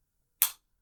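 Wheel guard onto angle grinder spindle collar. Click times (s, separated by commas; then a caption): 0.4 s. A disc guard is pressed onto the collar of a Milwaukee M18 FUEL angle grinder with its release button and rotated into position. A single loud, bright click at 0.4 s marks it locking into place, and the guard is seated and locked. The click decays within about 0.15 s into silence.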